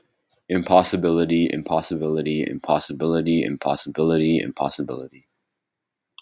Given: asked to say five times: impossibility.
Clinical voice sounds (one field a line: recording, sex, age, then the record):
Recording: repeated word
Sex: male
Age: 20 to 29 years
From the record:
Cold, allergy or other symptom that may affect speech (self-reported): no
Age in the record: 24 years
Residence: Virginia, United States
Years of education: 15